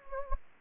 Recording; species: mosquito wingbeat signal from an infrared sensor; Anopheles gambiae